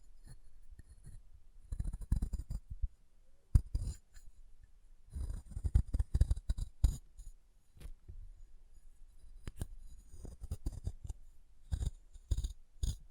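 Chalk being carved and cut in uneven bursts of scraping and crisp snips, with sharp clicks near 3.5, 7 and 13 seconds.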